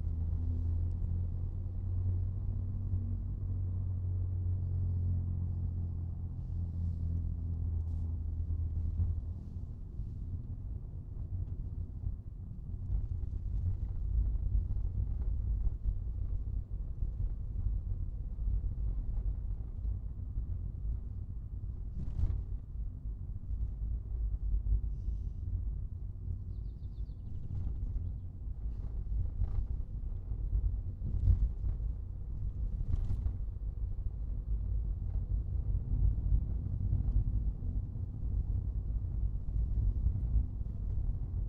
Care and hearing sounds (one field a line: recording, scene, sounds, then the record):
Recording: everyday scene through a hearing-aid microphone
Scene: in a vehicle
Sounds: engine, rumble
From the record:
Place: Skoda Fabia, gasoline engine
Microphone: in the ear canal, right